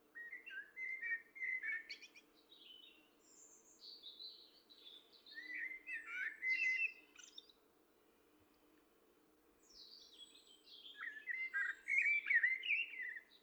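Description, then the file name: Common blackbird singing in short phrases of low, fluty warbles that break into higher squeaky twitters, with pauses between phrases and a faint steady hum underneath. "Turdus merula"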